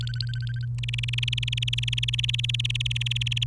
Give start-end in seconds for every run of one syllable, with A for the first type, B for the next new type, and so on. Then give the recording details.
0.01-0.65 A, 0.78-3.44 B. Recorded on 29 April 2018 at 10:24. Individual llb3